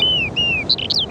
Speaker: 尽管云雀的鸣唱一直在耳畔回响，人们却很难找到它们。